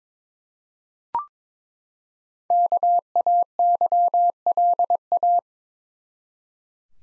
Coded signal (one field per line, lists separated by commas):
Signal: Morse code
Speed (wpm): 22 wpm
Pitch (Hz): 700 Hz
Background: none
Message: KAYLA